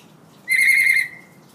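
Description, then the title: Hill myna giving a single loud, nasal, harmonic-rich whistle of about half a second, held steady and then fading, over quiet background hum. Tutor recording of an actively singing hill myna, meant for training other birds to copy. "Suara Burung Beo Gacor Cocok Untuk Masteran"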